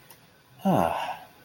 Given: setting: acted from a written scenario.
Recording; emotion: vocal sound without words; serenity